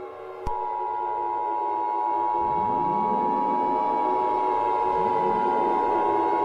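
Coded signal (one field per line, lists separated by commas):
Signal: Emergency Alert System (SAME) tones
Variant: 853 and 960 Hz attention tone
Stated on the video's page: Fictional mock alert scenario.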